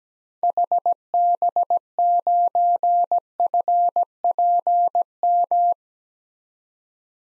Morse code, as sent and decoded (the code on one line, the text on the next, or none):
.... -... ----. ..-. .--. --
HB9FPM